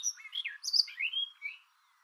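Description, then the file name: Barred warbler singing a short phrase of slurred, swooping notes mixed with rough chatter, ending abruptly after under two seconds. "karvalyposzata hangja"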